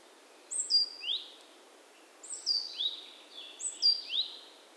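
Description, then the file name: Great tit calls in three quick bursts of high, sharp notes, each a descending whistle followed by a rising chip, with a soft background hiss. "Parus major"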